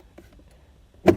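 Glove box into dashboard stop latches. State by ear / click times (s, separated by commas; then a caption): seated / 1.1 s. On a 2021 Volkswagen Atlas, after a new PTC custom-fit cabin air filter and its cover are installed, the glove box is folded back up and pushed past its plastic stop latches into the dashboard. A few faint taps and rustles come before a single loud, sharp snap at 1.1 s as the glove box clicks into place and seats.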